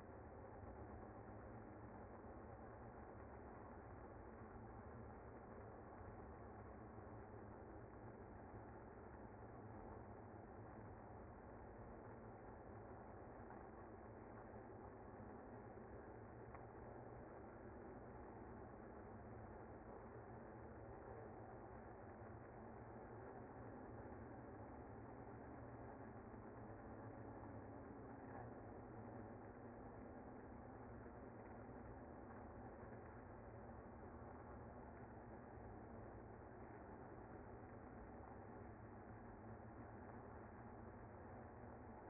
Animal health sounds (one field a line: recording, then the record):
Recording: honeybee colony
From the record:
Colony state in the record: active